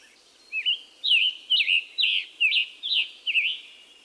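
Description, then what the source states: Scarlet tanager singing several rough, burry phrases in quick succession, with a sing-song rhythm. Robin-like but hoarse-sounding sing-song notes, a burry voice likened to a robin with a sore throat.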